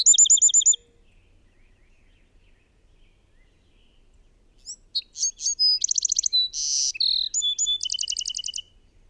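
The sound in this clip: Bird song: a short rapid trill at the start, a pause, then a long varied phrase of chirps, trills and a buzzy note ending in quick repeated notes.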